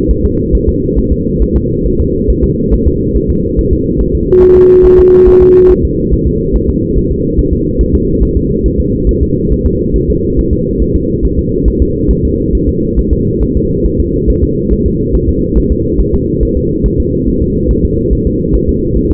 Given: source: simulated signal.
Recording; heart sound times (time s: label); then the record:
fetal heart sounds
0.11 s: S1
0.25 s: S2
0.55 s: S1
0.69 s: S2
0.99 s: S1
1.12 s: S2
1.42 s: S1
1.56 s: S2
1.86 s: S1
2.00 s: S2
2.30 s: S1
2.44 s: S2
2.74 s: S1
2.88 s: S2
3.17 s: S1
3.30 s: S2
3.59 s: S1
3.73 s: S2
4.01 s: S1
4.15 s: S2
4.43 s: S1
4.57 s: S2
4.86 s: S1
5.00 s: S2
5.28 s: S1
5.42 s: S2
5.71 s: S1
5.85 s: S2
6.14 s: S1
6.27 s: S2
6.56 s: S1
6.70 s: S2
6.98 s: S1
7.12 s: S2
7.39 s: S1
7.53 s: S2
7.81 s: S1
7.95 s: S2
8.23 s: S1
8.37 s: S2
8.66 s: S1
8.80 s: S2
9.09 s: S1
9.23 s: S2
9.52 s: S1
9.66 s: S2
9.96 s: S1
10.10 s: S2
10.39 s: S1
10.53 s: S2
10.82 s: S1
10.96 s: S2
11.25 s: S1
11.39 s: S2
11.68 s: S1
11.82 s: S2
12.11 s: S1
12.25 s: S2
12.55 s: S1
12.69 s: S2
12.99 s: S1
13.13 s: S2
13.43 s: S1
13.57 s: S2
13.86 s: S1
14.00 s: S2
14.30 s: S1
14.44 s: S2
14.73 s: S1
14.87 s: S2
15.15 s: S1
15.29 s: S2
15.58 s: S1
15.72 s: S2
16.01 s: S1
16.14 s: S2
16.43 s: S1
16.57 s: S2
16.86 s: S1
17.00 s: S2
17.28 s: S1
17.42 s: S2
17.71 s: S1
17.85 s: S2
18.13 s: S1
18.27 s: S2
18.55 s: S1
18.69 s: S2
18.97 s: S1
19.11 s: S2
From the record:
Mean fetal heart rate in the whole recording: 140 bpm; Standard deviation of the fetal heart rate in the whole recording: 2 bpm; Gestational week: 34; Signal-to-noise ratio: -14.7 dB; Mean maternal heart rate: 72 bpm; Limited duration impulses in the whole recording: present